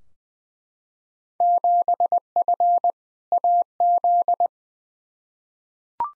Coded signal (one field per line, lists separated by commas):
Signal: Morse code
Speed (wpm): 20 wpm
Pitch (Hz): 700 Hz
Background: none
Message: 7F AZ